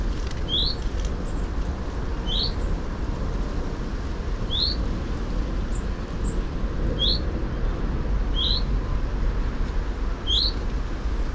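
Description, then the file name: Common chaffinch calls: short, sharp notes repeated about every two seconds, six in all, over a steady low rumble. "Fringilla coelebs"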